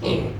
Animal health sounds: contact call of a hoofed animal; pig; closed-mouth grunt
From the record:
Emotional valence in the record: negative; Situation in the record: short social isolation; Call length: 0.40 s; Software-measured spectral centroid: 1780 Hz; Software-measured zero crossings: 1110 a second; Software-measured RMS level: -24 dBFS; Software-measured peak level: -10 dBFS

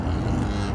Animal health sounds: contact call of a hoofed animal; cattle; low-frequency (closed-mouth) or high-frequency (open-mouth) call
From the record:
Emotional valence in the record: positive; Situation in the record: visual reunion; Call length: 0.75 s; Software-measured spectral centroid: 1760 Hz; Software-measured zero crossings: 940 a second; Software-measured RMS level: -24 dBFS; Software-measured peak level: -13 dBFS

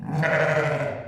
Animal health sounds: contact call of a hoofed animal; sheep; low-frequency (closed-mouth) or high-frequency (open-mouth) call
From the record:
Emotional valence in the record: negative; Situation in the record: short social isolation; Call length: 1.08 s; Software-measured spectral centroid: 1610 Hz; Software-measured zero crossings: 1470 a second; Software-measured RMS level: -24 dBFS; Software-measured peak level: -9 dBFS

